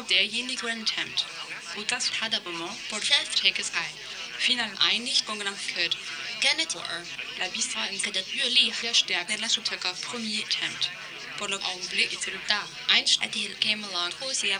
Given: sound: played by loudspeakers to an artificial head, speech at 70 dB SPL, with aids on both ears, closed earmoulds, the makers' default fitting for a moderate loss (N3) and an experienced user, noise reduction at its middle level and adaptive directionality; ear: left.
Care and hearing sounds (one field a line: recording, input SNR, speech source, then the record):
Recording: speech test signal (ISTS) in cocktail-party noise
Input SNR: +9 dB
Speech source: in front (0 degrees)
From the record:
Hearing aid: class 2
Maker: A